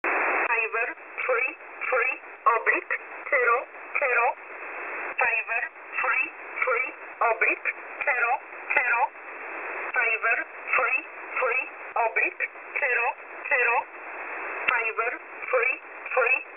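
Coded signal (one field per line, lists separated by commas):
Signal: numbers station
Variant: E11 Oblique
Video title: E11 Oblique 20/02/2023 0900 UTC 11092kHz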